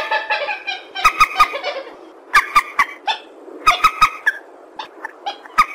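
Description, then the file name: Purple swamphen giving short bursts of nasal, chattering notes separated by brief pauses, along with crisp clicks. "tieng trich re keu"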